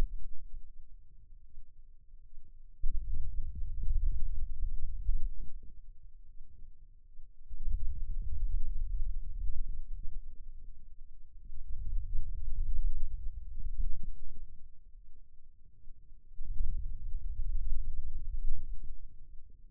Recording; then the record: forearm muscle sounds (acoustic myography)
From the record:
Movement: hand opening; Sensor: system 2, bracelet of six BSWA MPA416 microphones around the upper forearm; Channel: 1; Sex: male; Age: 22 years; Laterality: right